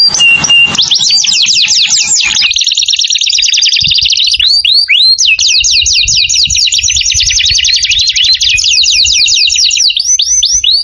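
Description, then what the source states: Canary song: a short steady tone and a burst of noise, then fast trills in rapid sweeping tours, switching to a second, steadier rolling trill that runs without pause to the end. Lure call for bird-trapping.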